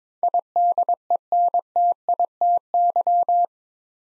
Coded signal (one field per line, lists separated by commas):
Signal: Morse code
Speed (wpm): 22 wpm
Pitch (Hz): 700 Hz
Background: none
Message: IDENTITY